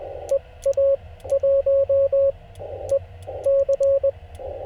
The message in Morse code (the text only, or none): EA1EC